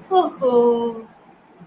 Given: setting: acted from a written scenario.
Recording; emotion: vocal sound without words; guilt